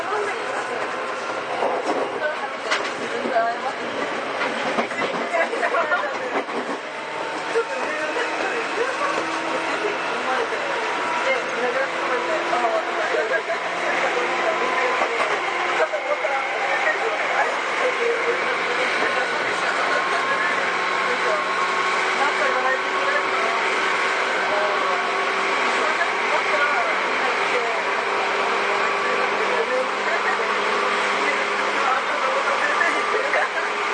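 Ride aboard an older commuter electric train: a steady rumble with rising and falling motor whine tones, muffled passenger chatter throughout, and occasional clacks.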